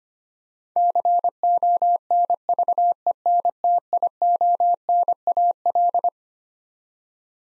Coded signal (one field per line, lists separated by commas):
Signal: Morse code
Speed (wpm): 25 wpm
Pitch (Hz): 700 Hz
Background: none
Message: CONVENTIONAL